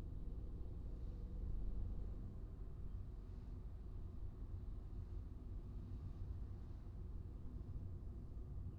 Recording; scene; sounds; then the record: everyday scene through a hearing-aid microphone; in a vehicle; engine, traffic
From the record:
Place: Skoda Fabia, gasoline engine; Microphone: in the ear canal, right